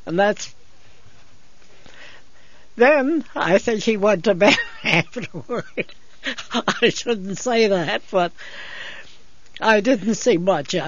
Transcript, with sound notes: And that's, then I think he went to bed (she laughs) after that. I shouldn't say that but I didn't see much of him.